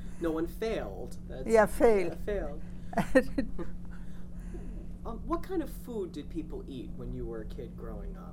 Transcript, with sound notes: No one failed, that's it.
Yeah, failed. (laughs)
What kind of food did people eat when you were a kid growing up?